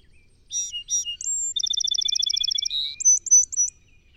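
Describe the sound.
Song sparrow song: two stuttered introductory notes and a short high whistle, then a rapid even trill, a buzzy note and a few sharp closing notes, in near silence.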